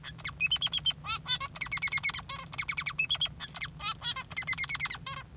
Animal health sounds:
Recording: song of a male Bengalese finch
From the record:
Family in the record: father 3

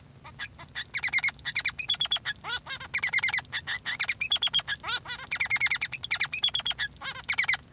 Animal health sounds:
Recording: song of a male Bengalese finch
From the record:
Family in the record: son of father 3

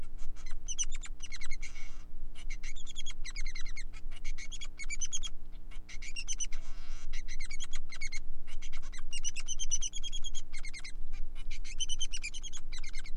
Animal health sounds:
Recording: song of a male Bengalese finch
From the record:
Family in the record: son of father 3

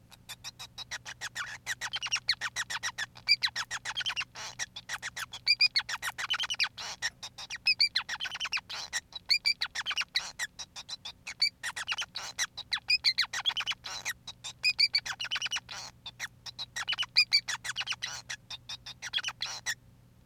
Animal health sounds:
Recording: song of a male Bengalese finch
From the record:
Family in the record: son of father 5

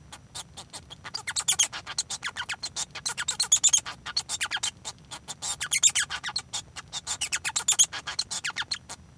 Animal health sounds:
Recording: song of a male Bengalese finch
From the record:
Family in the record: son of father 1

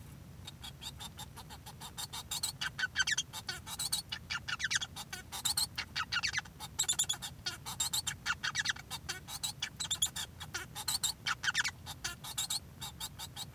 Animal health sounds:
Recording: song of a male Bengalese finch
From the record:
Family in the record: son of father 1

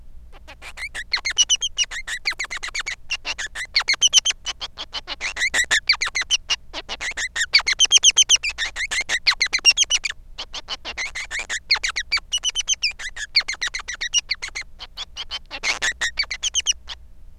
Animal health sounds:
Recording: song of a male Bengalese finch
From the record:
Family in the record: son of father 3

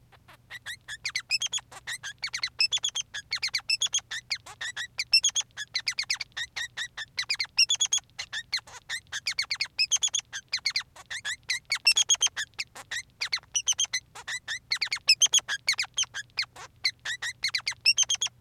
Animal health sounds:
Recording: song of a male Bengalese finch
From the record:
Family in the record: son of father 3

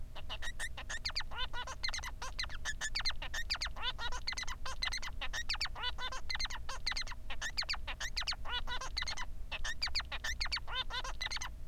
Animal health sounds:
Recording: song of a male Bengalese finch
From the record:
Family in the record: son of father 3

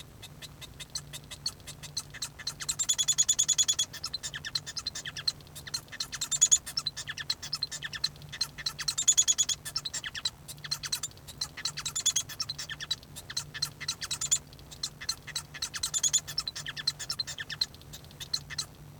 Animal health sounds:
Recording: song of a male Bengalese finch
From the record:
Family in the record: son of father 1

